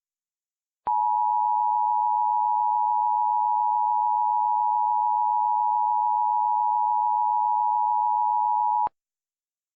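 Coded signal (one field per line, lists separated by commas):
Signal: Emergency Alert System (SAME) tones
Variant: 853 and 960 Hz attention tone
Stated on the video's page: Fictional EAS scenario using valid EAS tones.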